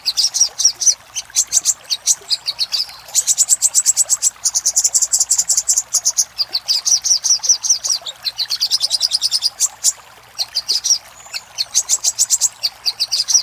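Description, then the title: Little spiderhunter song: sustained volleys of rapid, shrill notes, alternating clipped chips with dense buzzing trills, and brief gaps. Master recording for training cage birds; Indonesian name sogok ontong, labelled labaik. "Masteran Burung Sogok Ontong Labaik"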